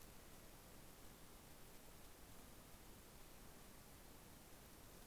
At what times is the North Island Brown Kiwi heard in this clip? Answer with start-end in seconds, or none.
none